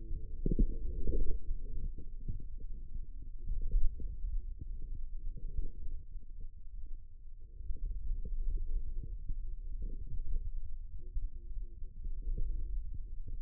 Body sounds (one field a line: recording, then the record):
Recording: forearm muscle sounds (acoustic myography)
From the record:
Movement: hand opening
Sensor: system 2, bracelet of six BSWA MPA416 microphones around the upper forearm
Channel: 4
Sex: male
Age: 22 years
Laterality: right